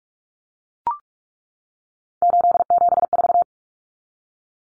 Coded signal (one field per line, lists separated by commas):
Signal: Morse code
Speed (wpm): 44 wpm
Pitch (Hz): 700 Hz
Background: none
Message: 874